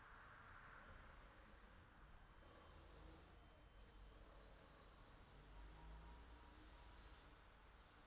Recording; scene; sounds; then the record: everyday scene through a hearing-aid microphone; in traffic; traffic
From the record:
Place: city secondary road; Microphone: in the ear canal, left